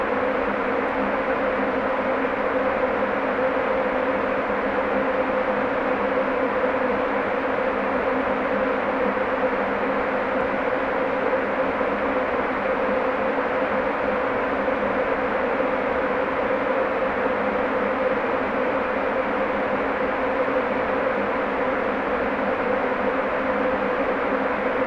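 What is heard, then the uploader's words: A steady, dark wash of brown noise runs unchanged from start to finish, muffled and lacking any high hiss. A faint constant hum sits in the middle of the sound, and no separate events or background sounds break through. Low & Dark Ambient Noise. Gothic (low and dark) Ambient White Noise. Pure Brown Noise.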